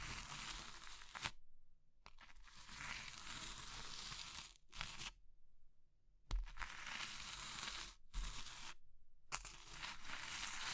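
Crushing of soap, chalk and meringue in dense crackling bursts, broken by short silent gaps near 1.5, 4.5, 6 and 8.5 seconds.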